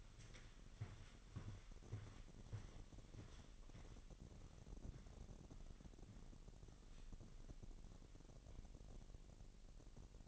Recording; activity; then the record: daily activity, microphone in the room; walk to room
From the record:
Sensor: 4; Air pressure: 1013.1 hPa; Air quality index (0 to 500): 243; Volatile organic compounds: 4 ppm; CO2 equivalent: 1617 ppm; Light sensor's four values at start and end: 35/84/35/34 and 30/73/30/30